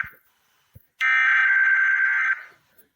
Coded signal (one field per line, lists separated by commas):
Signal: Emergency Alert System (SAME) tones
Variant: header bursts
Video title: 5 emergency alert system in 5:06 seconds.